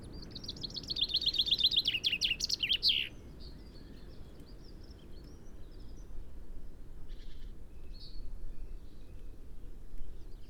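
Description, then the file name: Common chaffinch singing one rapid, falling trill with an ending flourish in the first three seconds, then a low steady hiss with a few faint, scattered high chirps. "Fringilla coelebs"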